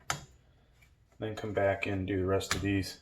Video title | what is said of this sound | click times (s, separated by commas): Installing the world's most power Celeron, G5900, 10th gen LGA 1200 CPU onto ROG Strix b460-i gaming | hear a snap and best to go across do the other one then | 0.1 s